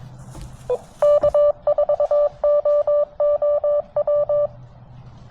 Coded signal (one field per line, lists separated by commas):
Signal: Morse code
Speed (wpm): 23 wpm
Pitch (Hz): 590 Hz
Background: none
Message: K4OOW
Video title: CW POTA with the TX-500